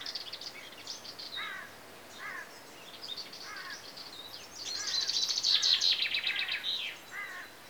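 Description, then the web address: Common chaffinch song, a fast run of bright repeated notes swelling then fading, with short downslurred chirps throughout. Chaffinches in Greece, with insects. "BBC Sound Effects Library. Greece. Birds (Chaffinches) And Insects"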